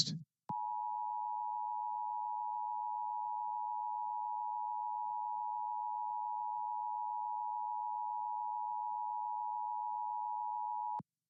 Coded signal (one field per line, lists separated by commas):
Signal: Emergency Alert System (SAME) tones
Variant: 853 and 960 Hz attention tone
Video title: LIVE AM/MW DX: DX Central Live - S. 3, Ep. 16 | Friday, January 20, 2023